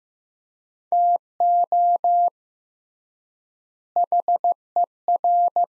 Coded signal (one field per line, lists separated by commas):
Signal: Morse code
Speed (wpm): 15 wpm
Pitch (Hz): 700 Hz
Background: none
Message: TO HER